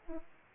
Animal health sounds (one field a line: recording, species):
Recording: mosquito wingbeat signal from an infrared sensor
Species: Aedes aegypti